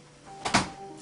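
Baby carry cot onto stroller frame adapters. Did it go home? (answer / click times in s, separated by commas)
yes / 0.5 s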